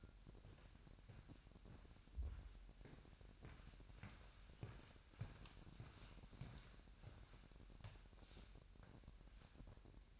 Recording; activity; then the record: daily activity, microphone in the room; walk to room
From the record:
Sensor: 2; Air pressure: 1012.1 hPa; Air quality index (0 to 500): 164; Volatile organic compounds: 2 ppm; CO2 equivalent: 1179 ppm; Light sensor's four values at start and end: 81/191/79/76 and 73/176/71/69